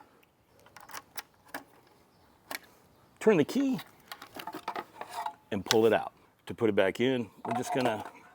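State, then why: Not seated. Someone talks while unlocking the removable e-bike battery on a Velotric Go 1 utility bike with the key, pulling it out and beginning to put it back into its mount on the frame, with light handling clicks and knocks between the words. Nothing has seated or clicked into place yet.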